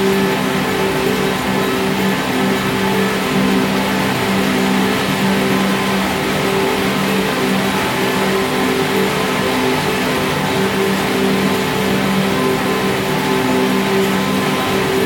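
A dense, unbroken noise wall drone built from layered field recordings, holding at an even loudness throughout. Low steady hum tones sit beneath a thick hiss that fills the upper range, with a faint engine-like rumble and no distinct events standing out.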